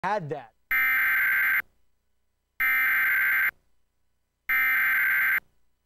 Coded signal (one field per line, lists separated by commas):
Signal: Emergency Alert System (SAME) tones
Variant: header bursts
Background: speech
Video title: National Weather Service Severe Thunderstorm Warning EAS - May 21, 2024 | WI (VHS)